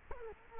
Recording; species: mosquito wingbeat signal from an infrared sensor; Culex quinquefasciatus